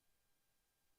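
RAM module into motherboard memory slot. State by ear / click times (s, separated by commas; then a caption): not seated / none. A RAM module is being pressed evenly into a motherboard memory slot, but nothing has seated or clicked yet. Only a faint, steady hiss is heard, with no distinct snap.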